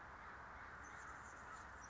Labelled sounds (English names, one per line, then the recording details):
Anna's Hummingbird
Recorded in Sonoma County, California